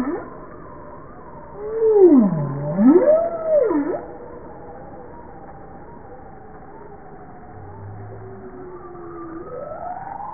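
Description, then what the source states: Bowhead whale calling underwater: a loud swooping moan that dips low and rises twice, then faint drawn-out tonal moans continue against a steady hiss. Recorded 20 April 1988 at 16:26.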